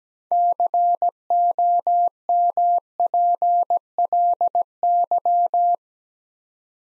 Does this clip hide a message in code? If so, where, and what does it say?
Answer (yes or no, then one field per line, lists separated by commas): yes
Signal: Morse code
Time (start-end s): 0.3-5.8 s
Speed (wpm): 17 wpm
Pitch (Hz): 700 Hz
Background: none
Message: COMPLY